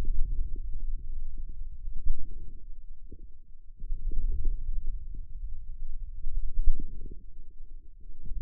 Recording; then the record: forearm muscle sounds (acoustic myography)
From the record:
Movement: ulnar deviation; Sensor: system 2, bracelet of six BSWA MPA416 microphones around the upper forearm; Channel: 5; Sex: male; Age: 22 years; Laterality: right